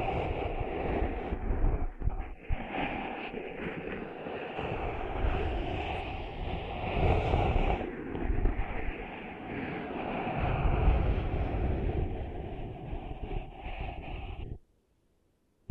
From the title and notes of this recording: ASMR Cleaning Sand Out of Your Ears (No Talking).